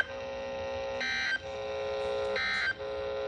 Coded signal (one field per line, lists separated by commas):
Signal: Emergency Alert System (SAME) tones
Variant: end-of-message bursts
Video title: SVR (EAS 19)